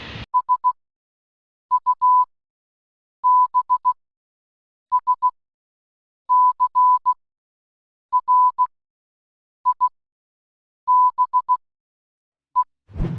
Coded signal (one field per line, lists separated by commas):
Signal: Morse code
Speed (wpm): 15 wpm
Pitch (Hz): 1000 Hz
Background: none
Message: S U B S C R I B E